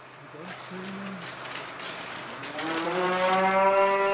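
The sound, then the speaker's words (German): Cattle moo in the calving area of the Korkendamm experimental farm in Schleswig-Holstein, 50 kilometres south of Kiel: a lower, quieter moo comes first, then a long, loud, drawn-out bellow with a slowly rising pitch that carries to the end. “Wir befinden uns gerade im Abkalbebereich.”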